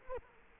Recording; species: mosquito wingbeat signal from an infrared sensor; Culex quinquefasciatus